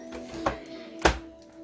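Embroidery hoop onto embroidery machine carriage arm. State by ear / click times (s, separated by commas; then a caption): seated / 1.1 s. An embroidery hoop holding a floated shirt is slid onto the metal carriage arm of a Brother PE 770 / PE800 embroidery machine's embroidery unit, over a steady tonal hum. A first knock comes at about 0.5 s, then the hoop clicks on with a sharper, louder snap at 1.1 s. The hoop is seated on the arm.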